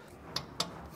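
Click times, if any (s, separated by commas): 0.4 s, 0.6 s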